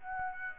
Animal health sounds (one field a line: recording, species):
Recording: mosquito wingbeat signal from an infrared sensor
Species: Aedes aegypti